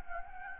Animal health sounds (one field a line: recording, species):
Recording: mosquito wingbeat signal from an infrared sensor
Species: Anopheles gambiae